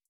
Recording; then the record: hydrophone in a shrimp aquaculture tank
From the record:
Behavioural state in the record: starved